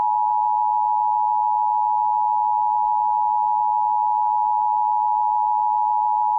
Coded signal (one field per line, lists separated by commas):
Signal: Emergency Alert System (SAME) tones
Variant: 853 and 960 Hz attention tone